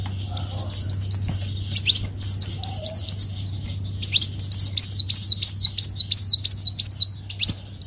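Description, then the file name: Leafbird song in several bursts of quick, high, up-and-down whistled notes, each burst a rapid repeated series, with short pauses between and a steady low hum. "Tieng chim xanh tim"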